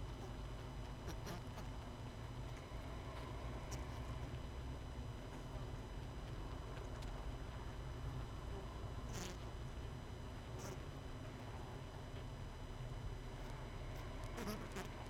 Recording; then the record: honeybee colony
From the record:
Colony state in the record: missing queen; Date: 31 May 2018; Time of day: 19:58